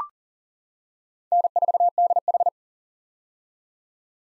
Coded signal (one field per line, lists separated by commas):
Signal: Morse code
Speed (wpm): 40 wpm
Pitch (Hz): 700 Hz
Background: none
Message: N4DH